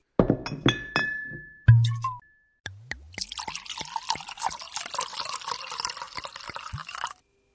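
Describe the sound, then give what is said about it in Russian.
A glass bottle clinks sharply against a faceted drinking glass several times with bright ringing tones, then liquid pours and gurgles steadily for a few seconds before stopping. No one speaks. “Тут же зазвенела бутылкой и граненным стаканом. Послышалось бульканье.”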